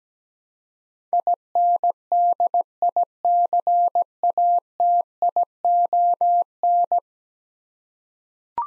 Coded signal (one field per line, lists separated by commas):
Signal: Morse code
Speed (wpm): 17 wpm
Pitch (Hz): 700 Hz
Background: none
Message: INDICATION